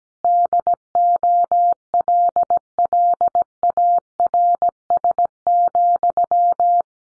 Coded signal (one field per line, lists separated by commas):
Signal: Morse code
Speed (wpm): 17 wpm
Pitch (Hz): 700 Hz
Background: none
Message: DOLLARS,